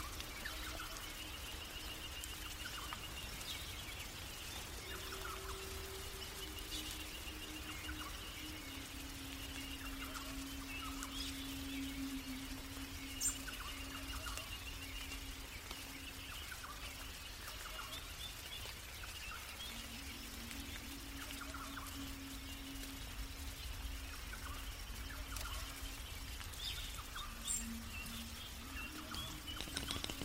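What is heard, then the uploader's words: Birds call in a misty forest, with a steady high insect drone running throughout and short chirps repeating every second or two. Low sustained tones drift and shift underneath, and faint patter like drops on leaves stays constant in the background. Mystic forest asmr ambience. Birds/insects. Raindrops on tree.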